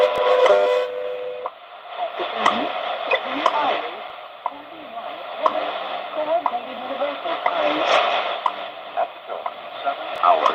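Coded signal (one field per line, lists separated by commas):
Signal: radio time signal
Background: speech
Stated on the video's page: Heard during a mediumwave and shortwave bandscan on a TEF6686 portable receiver with an MLA-30+ active loop antenna.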